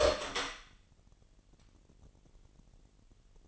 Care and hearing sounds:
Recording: daily activity, microphone in the room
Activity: open door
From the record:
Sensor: 4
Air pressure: 999.2 hPa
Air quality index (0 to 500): 116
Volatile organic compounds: 2 ppm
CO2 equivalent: 1141 ppm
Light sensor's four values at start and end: 13/31/12/13 and 13/31/12/14

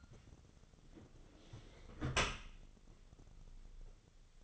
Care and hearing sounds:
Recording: daily activity, microphone in the room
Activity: close dishwasher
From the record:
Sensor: 4

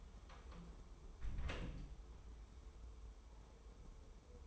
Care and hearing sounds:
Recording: daily activity, microphone in the room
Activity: close door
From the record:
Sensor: 1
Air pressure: 1015.1 hPa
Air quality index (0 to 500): 104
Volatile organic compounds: 3 ppm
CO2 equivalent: 1396 ppm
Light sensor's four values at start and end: 14/33/14/15 and 14/33/14/15

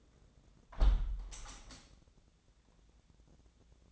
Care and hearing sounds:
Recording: daily activity, microphone in the room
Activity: close window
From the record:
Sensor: 3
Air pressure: 1012.2 hPa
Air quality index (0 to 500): 142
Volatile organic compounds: 2 ppm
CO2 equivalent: 1099 ppm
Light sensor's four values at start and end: 307/750/313/310 and 309/753/314/310

